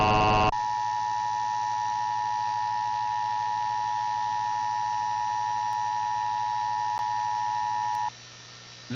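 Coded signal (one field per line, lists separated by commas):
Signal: Emergency Alert System (SAME) tones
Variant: 853 and 960 Hz attention tone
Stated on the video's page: EAS Required Monthly Test for the Philadelphia area aired on WHYY-FM within a radio program, with the famous buzzer.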